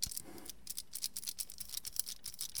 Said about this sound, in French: Enfin, là, d'abord, je contrôle la quantité de vernis que j'ai sur le pinceau en l'essuyant sur une feuille d'aluminium.